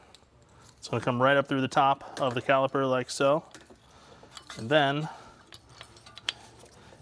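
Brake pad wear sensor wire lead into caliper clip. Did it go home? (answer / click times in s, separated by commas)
yes / 6.3 s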